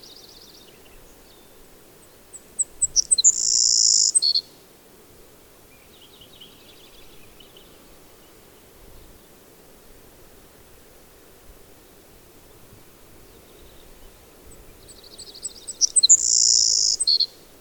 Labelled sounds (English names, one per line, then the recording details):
Savannah Sparrow song
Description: Savannah Sparrow song recorded in Upper Beaver Meadows in Rocky Mountain National Park
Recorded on 24 June 2015